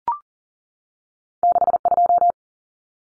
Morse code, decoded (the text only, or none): 62